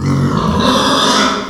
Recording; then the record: squeal of a Yucatan mini pig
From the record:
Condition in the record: after surgery on the right vocal fold (resection and tissue-engineered implant); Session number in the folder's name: 17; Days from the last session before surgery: 195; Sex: female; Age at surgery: 19 weeks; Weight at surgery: 25 kg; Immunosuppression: prednisolone